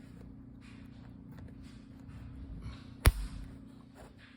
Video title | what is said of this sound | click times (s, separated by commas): Fixed Lg microwave shelf not locking. Model # LMH2016ST. | And it clicks right in. | 3.1 s